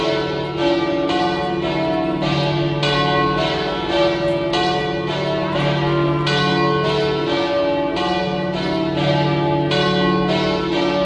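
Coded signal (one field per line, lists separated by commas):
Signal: bell signal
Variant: three bells, alla trevigiana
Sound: several church bells ringing together in a steady swinging peal, overlapping strikes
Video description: Battiore e distesa delle tre maggiori (dura circa un minuto e mezzo) delle 18:00 per la Messa prefestiva nella vigilia della solennità di Tutti i Santi, 31 ottobre 2018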